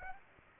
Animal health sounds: mosquito wingbeat signal from an infrared sensor; Aedes aegypti

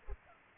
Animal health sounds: mosquito wingbeat signal from an infrared sensor; Culex pipiens

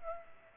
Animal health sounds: mosquito wingbeat signal from an infrared sensor; Culex pipiens

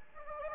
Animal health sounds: mosquito wingbeat signal from an infrared sensor; Anopheles gambiae

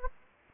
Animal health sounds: mosquito wingbeat signal from an infrared sensor; Anopheles gambiae

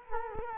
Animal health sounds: mosquito wingbeat signal from an infrared sensor; Culex quinquefasciatus

